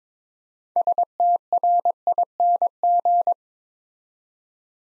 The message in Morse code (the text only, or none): STRING